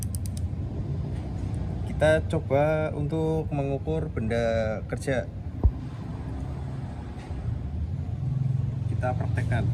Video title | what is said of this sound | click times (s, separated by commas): TUGAS MATA KULIAH KERJA BANGKU TEKNIK MESIN PHB TEGAL | mengontrol tekanan mikrometer saat menjepit benda kerja sampai berbunyi klik klik | 0.0 s, 0.1 s, 0.3 s, 0.4 s